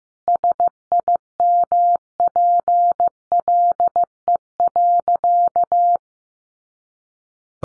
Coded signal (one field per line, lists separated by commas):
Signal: Morse code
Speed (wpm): 15 wpm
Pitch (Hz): 700 Hz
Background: none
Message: SIMPLE.